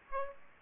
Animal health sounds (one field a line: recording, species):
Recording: mosquito wingbeat signal from an infrared sensor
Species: Aedes aegypti